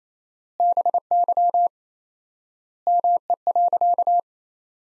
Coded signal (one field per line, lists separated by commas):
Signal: Morse code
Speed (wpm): 28 wpm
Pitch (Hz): 700 Hz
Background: none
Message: BY ME.